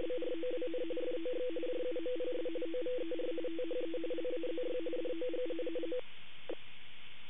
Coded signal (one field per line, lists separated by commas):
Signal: RTTY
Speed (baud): 45.45 baud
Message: BROWN FOX JUMPS OVER THE LAZY DOG